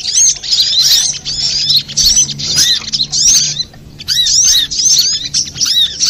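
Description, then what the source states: Little Spiderhunter: high-pitched twittering song of a little spiderhunter in short, jerky bursts, some with clear downslurred notes, broken by a quieter gap near the middle. Master recording for training cage birds, labelled Labaik.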